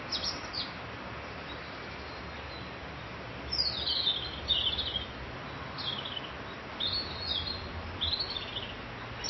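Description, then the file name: Bird song: a faint chirping phrase at the start, then several high chirping phrases from the middle onward, separated by pauses, over a steady noisy background. "Vogel"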